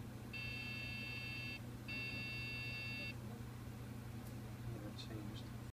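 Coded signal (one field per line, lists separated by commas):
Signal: beep code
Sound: two long steady buzzy beeps, about one second each, then continuing low hum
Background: low mechanical hum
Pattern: 2 long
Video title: Beep codes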